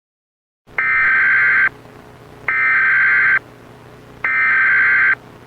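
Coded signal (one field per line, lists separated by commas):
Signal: Emergency Alert System (SAME) tones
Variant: header bursts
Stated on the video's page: Fictional EAS scenario about a missile threat, made by the creator with his father's help.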